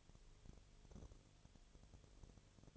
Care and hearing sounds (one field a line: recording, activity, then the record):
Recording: daily activity, microphone in the room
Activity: no activity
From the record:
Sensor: 4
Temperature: 22.4 degrees Celsius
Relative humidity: 31.1%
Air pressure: 1004.1 hPa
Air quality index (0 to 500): 85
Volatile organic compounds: 1 ppm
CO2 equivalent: 765 ppm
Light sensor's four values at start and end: 2/3/1/1 and 2/3/1/1